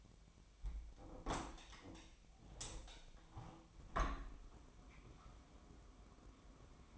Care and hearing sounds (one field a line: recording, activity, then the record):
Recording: daily activity, microphone in the room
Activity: open window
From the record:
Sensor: 1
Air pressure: 1006.6 hPa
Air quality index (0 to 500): 210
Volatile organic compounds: 24 ppm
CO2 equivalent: 2824 ppm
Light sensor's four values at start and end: 12/31/12/13 and 12/32/12/14